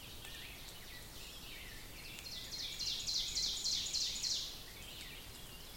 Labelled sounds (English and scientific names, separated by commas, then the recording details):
Ovenbird (Seiurus aurocapilla) song
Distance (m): 60 m
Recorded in boreal forest in Alberta, Canada, on 5 June 2016 at 06:25
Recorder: SongMeter 3, array SBT-3-51
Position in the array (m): 242 m, 133 m
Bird 28